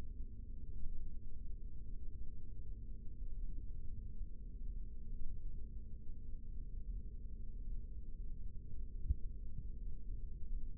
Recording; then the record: forearm muscle sounds (acoustic myography)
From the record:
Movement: rest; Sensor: system 3, bracelet of six PUI Audio POM-2738L microphones around the upper forearm, with dedicated amplification and filtering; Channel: 2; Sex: male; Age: 25 years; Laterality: right